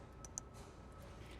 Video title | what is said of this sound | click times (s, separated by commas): How to Install and Test PreView Sentry and PreView Side Defender II on a Refuse Truck | make the connection there are two tabs that you'll want to hear each one click so there should be two clicks | 0.2 s, 0.4 s